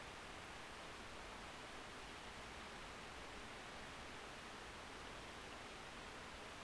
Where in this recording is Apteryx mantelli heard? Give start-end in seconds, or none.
none